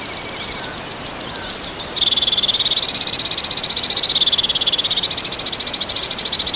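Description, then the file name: Sedge warbler song: a thin high whistle, then a quick run of repeated sharp notes, followed by a long buzzy, wavering trill with pulsing rattles near the end. "Ruokokerttunen"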